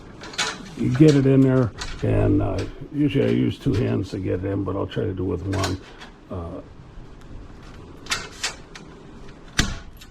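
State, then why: Seated. A clamp is pushed one-handed into the aluminum track of a bandsaw log resaw sled while someone talks, followed by a few small knocks and scrapes. It snaps into place with a sharp click at 9.6 s and is seated; it can still be moved but is tight.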